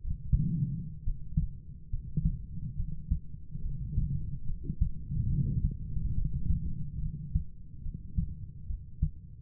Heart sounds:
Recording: heart sounds by stethoscope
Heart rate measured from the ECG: 71 bpm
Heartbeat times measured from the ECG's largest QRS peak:
1.04 s: heartbeat
1.90 s: heartbeat
2.76 s: heartbeat
3.62 s: heartbeat
4.46 s: heartbeat
5.29 s: heartbeat
6.15 s: heartbeat
7.00 s: heartbeat
7.82 s: heartbeat
8.67 s: heartbeat
From the record:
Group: heart failure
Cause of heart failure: non-ischemic cardiomyopathy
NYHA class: 1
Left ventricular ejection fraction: 42%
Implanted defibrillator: present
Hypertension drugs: sacubitril-valsartan, spironolactone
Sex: female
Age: 39 years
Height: 162 cm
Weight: 67.9 kg

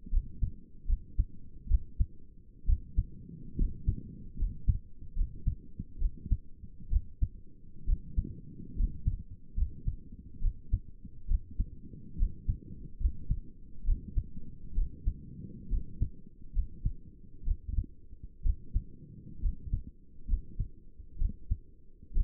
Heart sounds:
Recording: heart sounds by stethoscope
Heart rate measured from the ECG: 68 bpm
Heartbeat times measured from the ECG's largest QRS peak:
0.13 s: heartbeat
0.88 s: heartbeat
1.70 s: heartbeat
2.68 s: heartbeat
3.58 s: heartbeat
4.39 s: heartbeat
5.17 s: heartbeat
6.00 s: heartbeat
6.91 s: heartbeat
7.87 s: heartbeat
8.77 s: heartbeat
9.58 s: heartbeat
10.42 s: heartbeat
11.29 s: heartbeat
12.19 s: heartbeat
13.01 s: heartbeat
13.86 s: heartbeat
14.76 s: heartbeat
15.71 s: heartbeat
16.55 s: heartbeat
17.46 s: heartbeat
18.44 s: heartbeat
19.42 s: heartbeat
20.29 s: heartbeat
21.20 s: heartbeat
22.15 s: heartbeat
From the record:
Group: healthy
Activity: rest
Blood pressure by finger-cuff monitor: 90/60 mmHg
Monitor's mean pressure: 70 mmHg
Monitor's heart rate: 70 bpm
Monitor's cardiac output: 6.2 L/min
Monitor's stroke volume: 90 mL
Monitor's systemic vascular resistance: 810 dyn s/cm5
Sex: male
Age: 22 years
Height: 181 cm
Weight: 79 kg

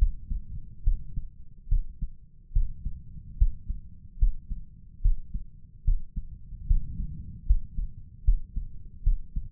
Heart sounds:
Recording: heart sounds by stethoscope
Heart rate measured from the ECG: 73 bpm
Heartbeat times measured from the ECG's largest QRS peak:
0.83 s: heartbeat
1.68 s: heartbeat
2.52 s: heartbeat
3.37 s: heartbeat
4.18 s: heartbeat
5.01 s: heartbeat
5.84 s: heartbeat
6.66 s: heartbeat
7.46 s: heartbeat
8.24 s: heartbeat
9.03 s: heartbeat
From the record:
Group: healthy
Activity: rest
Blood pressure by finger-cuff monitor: 139/89 mmHg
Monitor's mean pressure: 108 mmHg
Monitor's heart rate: 72 bpm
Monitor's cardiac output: 5.3 L/min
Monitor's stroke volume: 72 mL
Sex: male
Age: 35 years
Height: 178 cm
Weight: 64 kg

